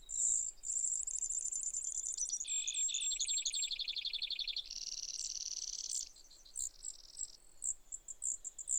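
Brewer's sparrow giving a fast high trill, then lower rapid pulses and a steady buzz, ending with scattered high notes over light background hiss.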